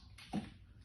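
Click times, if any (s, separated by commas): 0.2 s, 0.3 s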